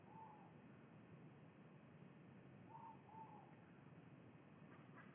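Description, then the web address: Ivory-breasted pitta giving soft, low whistled notes, one at the start and a close pair near three seconds, over steady low background hiss. Recorded in Indonesia. "ULM-DS-Lab indonesian-bird-sounds. Pitta maxima"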